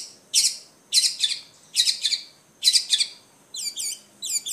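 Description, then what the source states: Long-tailed shrike song: harsh, scratchy doubled notes about once a second, switching to clear, quick chirping phrases at the end. Combination song.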